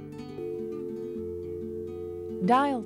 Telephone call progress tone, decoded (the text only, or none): dial tone